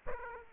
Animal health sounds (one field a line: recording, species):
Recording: mosquito wingbeat signal from an infrared sensor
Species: Aedes aegypti